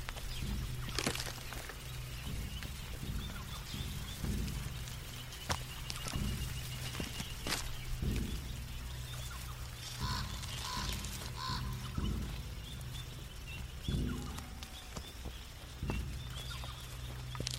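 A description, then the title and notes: Birds and insects call over a steady low hum, with short chirps clustering around the tenth to eleventh second. A dull thud repeats about every two seconds throughout, and sharp clicks and taps break in now and then. Mystic forest asmr ambience. Birds/insects.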